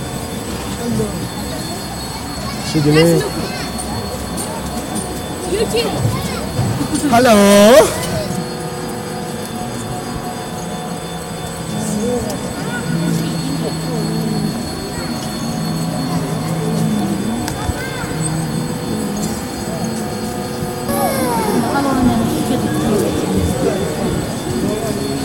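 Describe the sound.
Pilgrims walking around the Jokhang temple in Lhasa, with steady overlapping voices, a brief loud sweeping sound near eight seconds, and murmuring crowd throughout.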